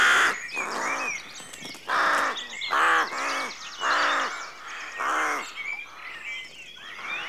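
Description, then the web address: Rooks cawing, harsh hoarse caws in repeated bursts, with songbirds chirping and whistling throughout. A rookery at dawn; rural exterior atmosphere. "BBC Sound Effects Library (Exterior Atmospheres-Rural Backg) Rookery Dawn"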